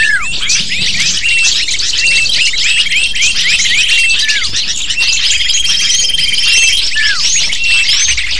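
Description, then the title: Lovebird flock calling nonstop, busy high-pitched twittering and sharp squeaks overlapping throughout, joined by steady thin whistled tones. Lure (pikat) used to attract lovebirds. "PIKAT BURUNG LOVEBIRD"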